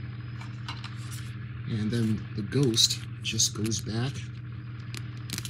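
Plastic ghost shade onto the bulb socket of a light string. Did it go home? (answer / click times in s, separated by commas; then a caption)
yes / 5.3 s, 5.4 s. A plastic ghost shade is pushed back over the bulb socket of a vintage Halloween light string while someone talks over a steady low hum. Sharp clicks at 5.3 s and 5.4 s mark the ghost seating in place on the socket.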